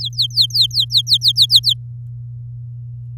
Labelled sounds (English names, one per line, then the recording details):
Domestic Canary song
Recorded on 8 May 2018 at 05:43
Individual llb16